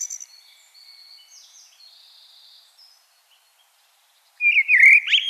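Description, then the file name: Common blackbird singing a brief warbled whistled phrase with squeaky high notes, after faint thin high sounds. "Turdus merula"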